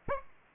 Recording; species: mosquito wingbeat signal from an infrared sensor; Aedes aegypti